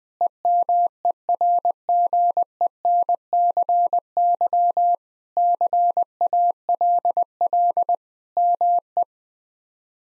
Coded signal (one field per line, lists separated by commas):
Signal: Morse code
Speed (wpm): 21 wpm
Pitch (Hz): 700 Hz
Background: none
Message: EMERGENCY CALL ME